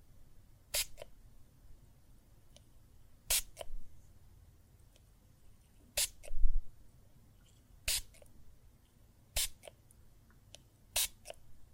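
Water and soap foam make brief, bright crackling squishes every second or two over a low, steady rumble, with faint fizzing between them.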